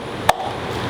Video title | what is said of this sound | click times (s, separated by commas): M340i GETS CLEAR TAIL LIGHTS AND DIY OIL CHANGE! | and then you should just hear a click. | 0.3 s